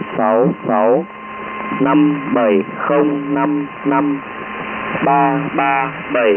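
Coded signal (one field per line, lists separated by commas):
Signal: numbers station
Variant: V30, Vietnamese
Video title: Numbers Station, Vietnamese, V30, 10255 kHz, USB Mode, December 23, 2013, 1559 UTC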